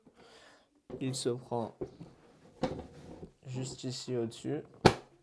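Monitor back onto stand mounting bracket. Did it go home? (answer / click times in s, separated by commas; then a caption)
no / none. A 27-inch 300 Hz WQHD rotating Minifire monitor is hooked over the top of its stand's mounting bracket while someone talks. There are handling noises and a sharp knock at about 2.6 s and another near 4.9 s. Nothing has seated or clicked yet.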